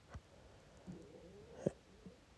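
Four faint, brief low gurgles and squeaks in a quiet room: an adult's ordinary stomach growling from intestinal (bowel) movement.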